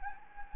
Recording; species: mosquito wingbeat signal from an infrared sensor; Anopheles gambiae